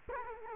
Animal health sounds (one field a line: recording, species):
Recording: mosquito wingbeat signal from an infrared sensor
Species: Culex quinquefasciatus